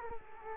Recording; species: mosquito wingbeat signal from an infrared sensor; Culex quinquefasciatus